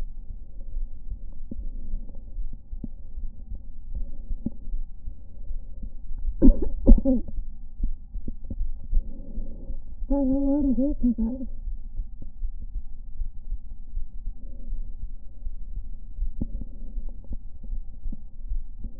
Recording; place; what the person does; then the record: lung sounds by stethoscope; left anterior apical chest; quiet breathing, then cough and speech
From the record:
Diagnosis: interstitial lung disease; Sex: female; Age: 61 years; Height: 155 cm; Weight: 75.5 kg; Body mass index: 31.4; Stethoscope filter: diaphragm mode